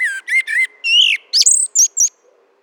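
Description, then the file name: Common blackbird song phrase: several mellow whistled notes, then high thin squeaky notes closing the phrase. "Turdus merula"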